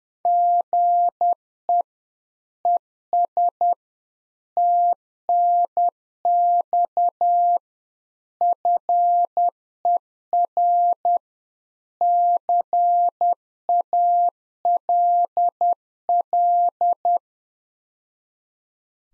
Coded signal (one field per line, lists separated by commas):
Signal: Morse code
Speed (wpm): 10 wpm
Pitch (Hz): 700 Hz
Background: none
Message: GE ES TNX FER CALL